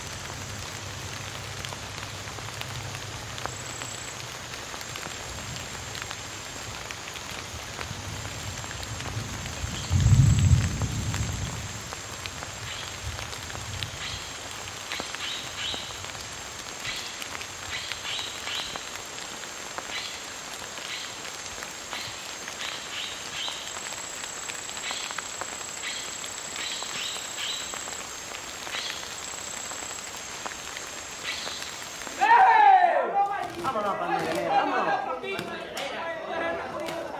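A jungle field recording with a steady hiss of rain or dripping, dense and fine, with a thin high whine running across the top until about 32 seconds. A low rumble swells near 10 seconds, and at 32 seconds the hiss stops and a burst of speech-like sounds and rustling takes over.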